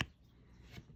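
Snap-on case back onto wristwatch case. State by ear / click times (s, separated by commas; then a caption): not seated / none. After a battery change, someone presses the metal snap-on case back onto the case of a vintage Citizen Ana-Digi Temp digital wristwatch. A sharp tap at the very start is followed by quiet handling noise and a faint scrape near 0.8 s. The case back has not seated or clicked into place yet.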